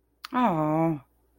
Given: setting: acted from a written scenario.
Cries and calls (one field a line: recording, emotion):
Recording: vocal sound without words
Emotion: pride